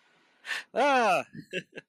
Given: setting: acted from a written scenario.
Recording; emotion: vocal sound without words; positive surprise